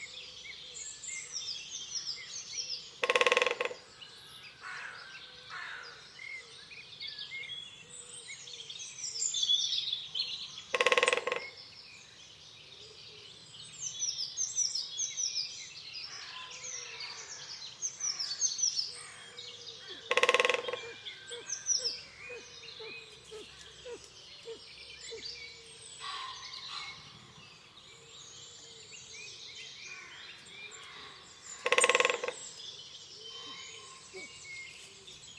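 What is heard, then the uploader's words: A dawn chorus in the countryside, dense and varied, with many birds chirping and trilling at once, mostly bright. Short loud bursts of rushing noise cut through at about 3, 11, 20 and 32 seconds, over a faint low hum. Dawn chorus in the countryside. Calm morning in the English countryside. It's early spring so the dawn chorus is lush and varied, with plenty of birdsong filtering in through the mist.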